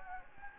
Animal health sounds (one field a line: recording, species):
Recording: mosquito wingbeat signal from an infrared sensor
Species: Anopheles gambiae